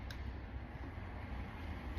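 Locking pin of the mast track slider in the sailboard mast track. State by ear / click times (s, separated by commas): seated / 0.1 s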